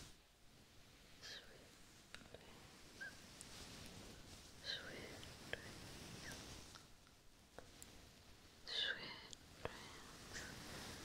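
A head and scalp massage, heard as soft, steady rustling of hands moving through hair over a low hiss. Brief brighter scratchy swishes come at about 1, 5 and 9 seconds, and a few sharp little clicks are scattered throughout.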